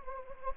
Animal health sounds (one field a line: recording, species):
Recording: mosquito wingbeat signal from an infrared sensor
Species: Anopheles gambiae